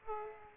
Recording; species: mosquito wingbeat signal from an infrared sensor; Aedes aegypti